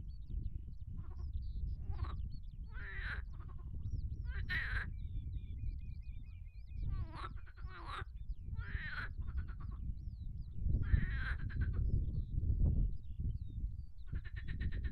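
Marsh frog chorus: buzzy, rattling croaks in repeated bursts at an uneven pace, over a constant low rumble, with faint high chirps.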